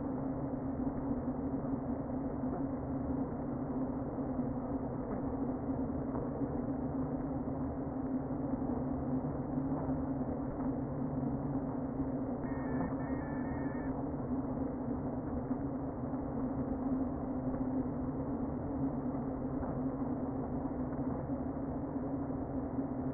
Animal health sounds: honeybee colony, microphone inside the hive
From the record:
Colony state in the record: queen present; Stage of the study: before two queens were removed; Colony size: about 60,000 bees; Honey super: yes

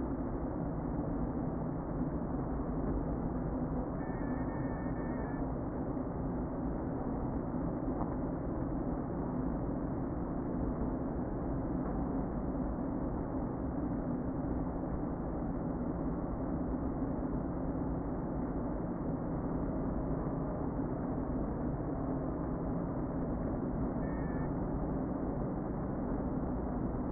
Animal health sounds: honeybee colony, microphone inside the hive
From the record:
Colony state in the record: queen present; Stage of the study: before two queens were removed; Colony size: about 60,000 bees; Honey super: yes

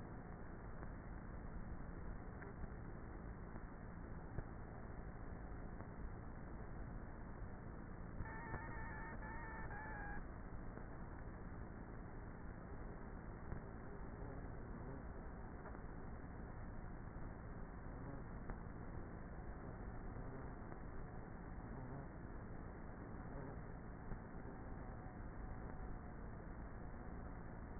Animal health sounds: honeybee colony, microphone inside the hive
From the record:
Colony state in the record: queenless with a low population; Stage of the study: before two queens were removed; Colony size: about 30,000 bees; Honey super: no

